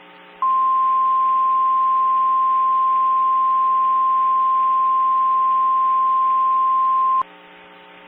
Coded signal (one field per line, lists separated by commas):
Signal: Emergency Alert System (SAME) tones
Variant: 1050 Hz attention tone